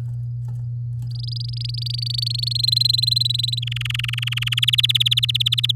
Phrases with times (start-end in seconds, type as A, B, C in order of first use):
1.11-2.57 A, 2.59-3.59 B, 3.62-4.60 C, 4.62-5.71 D